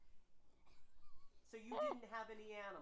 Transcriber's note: chuckles